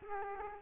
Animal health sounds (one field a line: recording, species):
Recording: mosquito wingbeat signal from an infrared sensor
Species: Culex quinquefasciatus